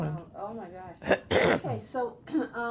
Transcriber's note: clears throat